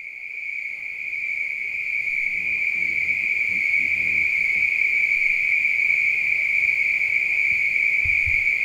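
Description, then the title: Spring peeper chorus, a dense shrill drone of high peeps merging into one steady ringing tone, swelling slightly during the first two seconds. Recorded at night. "neoscenes: night peepers"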